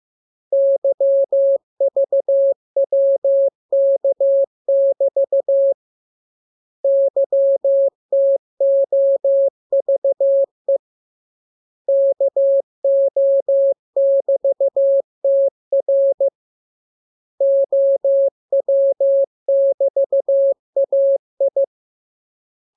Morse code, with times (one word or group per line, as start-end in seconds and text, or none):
0.5-5.7 YVWK<BT>
6.8-10.8 YTOVE
11.9-16.3 KO<BT>TR
17.4-21.6 OW<BT>AI